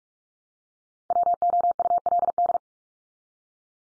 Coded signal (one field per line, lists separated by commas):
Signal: Morse code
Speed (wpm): 44 wpm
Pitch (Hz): 700 Hz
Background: none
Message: WOULD